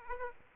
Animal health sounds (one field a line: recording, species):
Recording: mosquito wingbeat signal from an infrared sensor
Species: Aedes aegypti